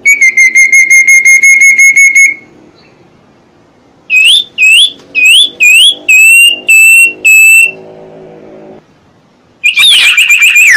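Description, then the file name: Common iora holding one long flat whistle, then after a pause a string of looping whistled notes, ending with a brief harsh burst. Whistled song used as a lure (pancingan) for catching birds. "siulan cipo untuk pancingan"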